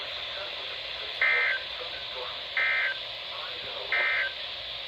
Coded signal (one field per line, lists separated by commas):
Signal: Emergency Alert System (SAME) tones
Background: speech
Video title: Summers not over yet EAS#290-306 8/28/20 - 9/1/20